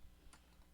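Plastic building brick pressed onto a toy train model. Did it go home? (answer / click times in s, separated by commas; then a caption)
yes / 0.3 s. A plastic building-block piece for the bed section of a toy metro train model is pressed into its spot. A short, sharp click at 0.3 seconds marks the piece seating in place. No one talks in the clip.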